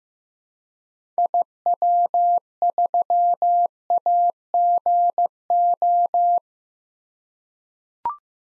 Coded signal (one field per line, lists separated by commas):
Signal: Morse code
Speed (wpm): 16 wpm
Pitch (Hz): 700 Hz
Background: none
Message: IW3AGO